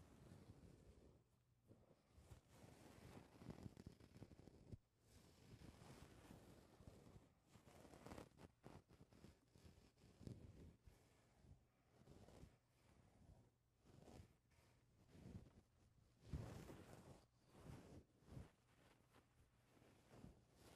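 Microphone touching: continuous rustling and rubbing of fingers or fabric against the mic, with frequent sharp knocks and thumps scattered throughout, the strongest near 5 and 16 seconds. A steady low hum runs underneath, and the handling noise rises and falls unevenly without pause.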